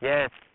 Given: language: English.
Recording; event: throat vibration sensor signal played as sound; speech